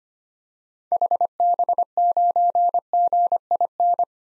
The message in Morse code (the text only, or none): HB9GIN